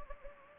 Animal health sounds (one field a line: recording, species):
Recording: mosquito wingbeat signal from an infrared sensor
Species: Anopheles gambiae